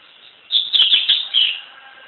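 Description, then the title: Double-collared seedeater song: a short, hurried run of high, chirping notes lasting about a second. "Canto Coleiro"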